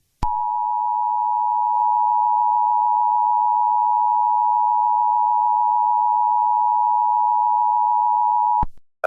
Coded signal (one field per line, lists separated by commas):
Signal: Emergency Alert System (SAME) tones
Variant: 853 and 960 Hz attention tone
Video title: Upcoming Eas scenario an illage & spillage Eas Scenario